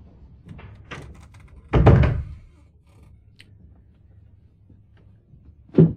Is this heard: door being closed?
yes